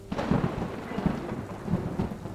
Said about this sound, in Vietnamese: Sấm chớp vang lên, rạch ngang cả bầu trời, nhưng cũng không đủ chiếu sáng được cái bóng tối đang ẩn sâu trong thâm tâm từng con người trên chuyến tàu này. Sóng lớn vỗ dồn dập vào hai bên con tàu, làm cho nó cứ chao đảo không thôi.